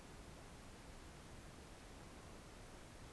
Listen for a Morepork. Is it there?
no